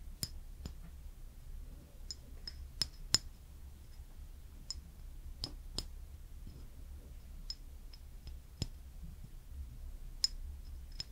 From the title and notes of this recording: ASMR Slowly Doing Your Makeup with Personal Attention (No Talking).